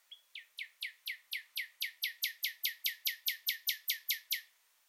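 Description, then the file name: Common nightingale song: a short whistle, then a fast run of many similar downward-sweeping notes, evenly spaced over about four seconds. "Luscinia megarhynchos"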